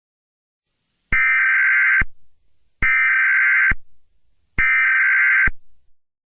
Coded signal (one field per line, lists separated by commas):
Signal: Emergency Alert System (SAME) tones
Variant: header bursts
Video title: EAS scenario 2: whitty’s explosion